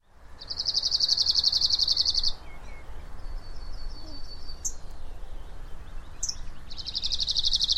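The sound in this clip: Bird giving a rapid, high, buzzy trill lasting about two seconds, then brief sharp notes and another fast trill near the end, over steady low rushing background noise.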